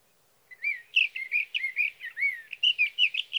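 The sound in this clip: Sage thrasher giving a hurried warbled song of slurred notes for about three seconds.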